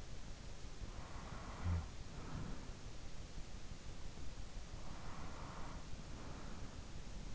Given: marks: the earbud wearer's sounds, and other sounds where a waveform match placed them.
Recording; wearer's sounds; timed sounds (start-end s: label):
sounds in sleep by an in-ear microphone; snoring breath, breath
0.57-3.45 s: snoring breath
4.60-7.35 s: breath